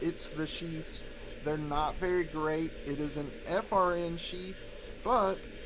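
A small fixed-blade knife is handled with its plastic FRN retention sheath while someone talks. The knife has not yet been pushed home, and nothing has seated or clicked yet.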